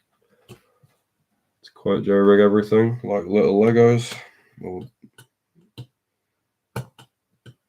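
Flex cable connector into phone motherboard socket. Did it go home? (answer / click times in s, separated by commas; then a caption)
yes / 5.8 s, 6.8 s. Someone talks while small flex-cable press-fit connectors are pressed onto the motherboard sockets of a Google Pixel 3 XL being rebuilt in a new frame during a frame and screen swap. Short, sharp clicks at 5.8 s and 6.8 s mark the connectors seating, and a fainter tick follows near 7.5 s.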